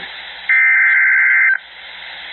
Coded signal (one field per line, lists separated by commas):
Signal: Emergency Alert System (SAME) tones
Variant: header bursts